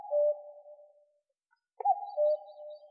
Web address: Cuculus canorus